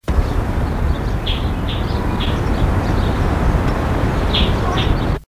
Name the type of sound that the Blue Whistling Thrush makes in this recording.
call